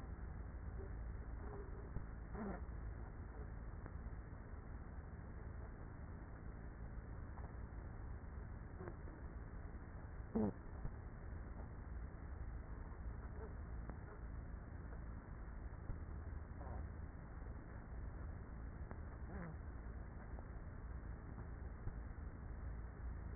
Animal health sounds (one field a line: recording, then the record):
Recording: honeybee colony, microphone inside the hive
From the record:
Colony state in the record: queenless with a low population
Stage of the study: after two queens were removed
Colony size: about 30,000 bees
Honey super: no